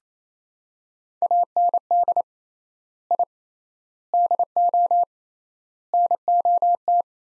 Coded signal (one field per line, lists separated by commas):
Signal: Morse code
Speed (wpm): 28 wpm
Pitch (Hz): 700 Hz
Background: none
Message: AND I DO NOT